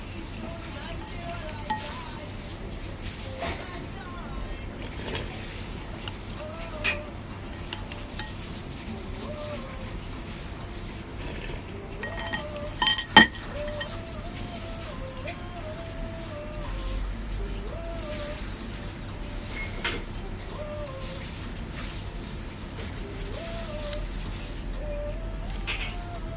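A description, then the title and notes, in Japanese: A ride on the Enoden line from Enoshima to Gokurakuji: a steady low rumble under a constant hiss, with a faint stepping whine that wanders up and down throughout. Sharp clanks hit around 13 seconds, a lighter knock near 20, and the rumble deepens after 17. 江ノ電：江ノ島駅→極楽寺駅。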